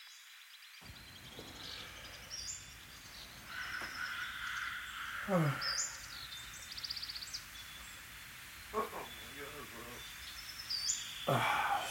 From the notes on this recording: stupid bird